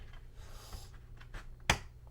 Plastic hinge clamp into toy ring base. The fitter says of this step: all right so once you hear all those snap into place let's move on to the next step